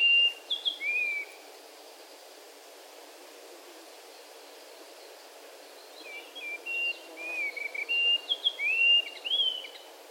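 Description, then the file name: White-throated rock thrush singing: short clear whistled phrases with rising and falling slurs, given in bursts at the start and again after a quiet pause. Recorded 3 June 2008, Amur region. "himeisohiyo amur hanada"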